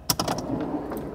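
Both locking clamps on the slide-out refrigerator tray in an InTech Luna teardrop trailer galley are pulled out at the same time to unlock the tray so it can slide out. A sharp click at 0.1 s is followed by softer clicks and mechanical rattles around 0.2 s, 0.4 s and 0.9 s. The clamps release.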